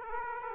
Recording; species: mosquito wingbeat signal from an infrared sensor; Aedes aegypti